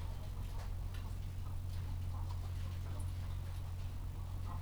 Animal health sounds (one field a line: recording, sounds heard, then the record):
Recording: poultry house recording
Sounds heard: sick chickens (respiratory disease)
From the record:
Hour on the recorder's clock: 14